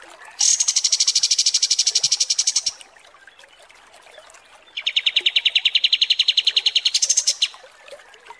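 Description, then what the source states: Kapas tembak trills: two long bursts of fast, evenly pulsed notes, the second lower and ending in a brief high flourish. Masteran tutor song for training cage birds, described as deluxe (mewah).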